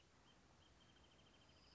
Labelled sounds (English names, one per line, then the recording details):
Wrentit
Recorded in Sonoma County, California